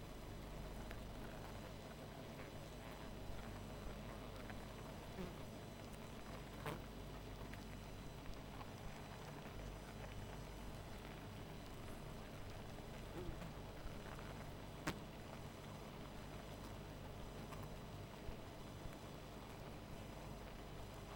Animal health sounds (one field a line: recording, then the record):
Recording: honeybee colony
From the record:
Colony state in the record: missing queen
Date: 14 July 2017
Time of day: 1:07